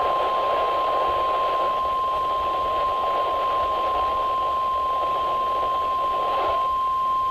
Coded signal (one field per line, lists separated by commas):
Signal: Emergency Alert System (SAME) tones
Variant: 1050 Hz attention tone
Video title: NOAA EAS Alert #39: Flash Flood Warning (FFW)/ 3 Flood Advisories (WXM66/WWG21)